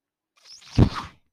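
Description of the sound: A single short, low, muffled puff with a soft airy hiss, under a second long, with no speech. It is the working noise of a home mechanical ventilator delivering a breath.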